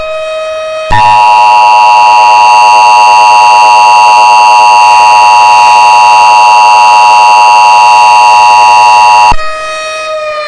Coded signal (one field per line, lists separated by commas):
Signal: Emergency Alert System (SAME) tones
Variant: 853 and 960 Hz attention tone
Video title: EAS Scenario: The Battle Royale of the Greek Gods